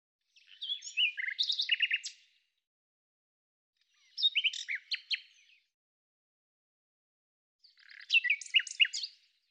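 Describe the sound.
Bird song: three evenly spaced, scratchy twittering phrases.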